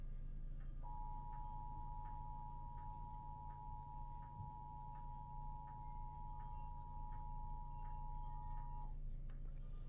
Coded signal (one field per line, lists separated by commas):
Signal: Emergency Alert System (SAME) tones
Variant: 853 and 960 Hz attention tone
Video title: eas rwt Eas #101